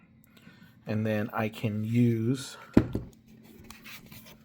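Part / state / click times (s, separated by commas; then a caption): monitor into VESA mount in a carry case / not seated / none. A 15-inch monitor is handled over a VESA mount inside a travel media case while someone talks, with a few faint knocks and a sharper tap near the end. The monitor has not yet snapped onto the mount, and nothing has seated or clicked yet.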